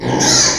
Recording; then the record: squeal of a Yucatan mini pig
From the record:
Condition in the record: before surgery on the right vocal fold (resection and tissue-engineered implant); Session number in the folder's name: 1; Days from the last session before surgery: -3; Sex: male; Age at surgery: 12 weeks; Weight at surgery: 13 kg